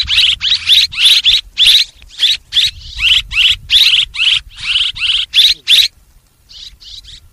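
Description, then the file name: Swallow twittering in quick bursts of high, buzzy chirps, roughly three a second, fading to a few faint notes at the end. "Tieng en nguc ran en vang"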